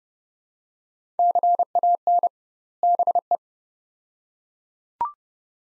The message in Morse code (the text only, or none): CAN BE